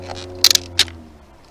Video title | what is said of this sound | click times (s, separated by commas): Saris bicycle carrier....Scotland...2020... | and hear it click and that's it basically locking | 0.4 s, 0.8 s